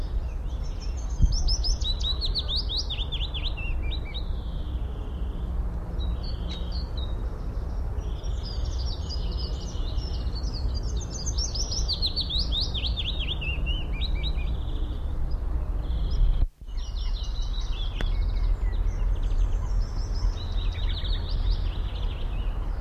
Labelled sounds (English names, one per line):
Willow Warbler